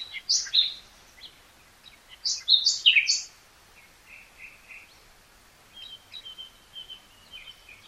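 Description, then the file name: Common nightingale song: sharp varied notes and a loud rapid phrase, then a series of repeated mid-pitched notes and a run of thin high whistles. "Luscinia megarhynchos"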